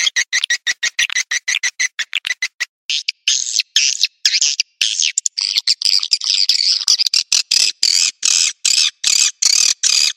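Bird giving rapid dry ticking clicks, then a stretch of continuous harsh rasping chatter, ending in a run of evenly spaced scratchy notes.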